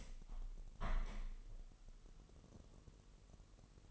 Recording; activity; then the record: daily activity, microphone in the room; open window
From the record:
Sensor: 4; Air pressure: 1000.8 hPa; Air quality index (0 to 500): 243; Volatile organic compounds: 40 ppm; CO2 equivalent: 3151 ppm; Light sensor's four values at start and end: 9/20/8/7 and 9/20/8/8